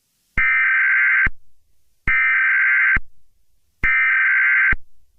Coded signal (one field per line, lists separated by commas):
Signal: Emergency Alert System (SAME) tones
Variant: header bursts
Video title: EAS Scenario - The Large Tsunami